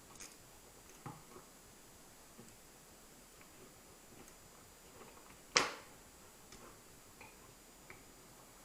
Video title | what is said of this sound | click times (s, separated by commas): Madrone JAB Derailleur – What Makes It Different? | Słychać było charakterystyczne kliknięcie, co oznacza, że moment dokręcenia został osiągnięty. | 5.6 s